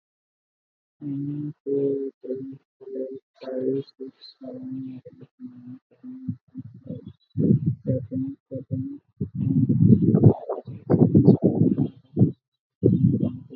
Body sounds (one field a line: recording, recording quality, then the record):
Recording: counting at a normal pace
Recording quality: poor, much background noise or distortion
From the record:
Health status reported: COVID-19 positive, mild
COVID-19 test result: positive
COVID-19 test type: RT-PCR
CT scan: not taken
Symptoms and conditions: fever, loss of smell and taste, diabetes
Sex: male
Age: 28 years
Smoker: yes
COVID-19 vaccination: both doses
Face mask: worn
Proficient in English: yes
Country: India